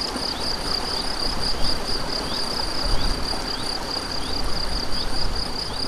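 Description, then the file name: A cricket sings a high, regularly pulsed trill with brief upward chirps every half second or so, while a stream gurgles low and steady beneath. Crickets recorded beside a stream on 7 May 2014 with an MZ-N710 recorder. "MZ-N 710 Ruisseau et grillons 7 05 14"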